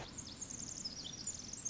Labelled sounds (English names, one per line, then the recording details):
Pacific Wren
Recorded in Sonoma County, California